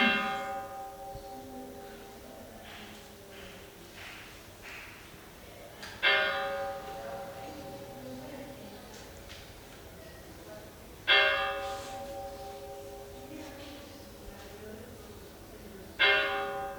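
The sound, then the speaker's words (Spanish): Four separate strokes of a village church bell at about four in the afternoon, spaced about five seconds apart, each a bright clang followed by a long, humming decay that lingers until the next strike. “Entonces esto se daba sobre las 4 de la tarde y como la gente estaba durmiendo, pues daban solo 4 campanadas separadas para no molestar mucho.”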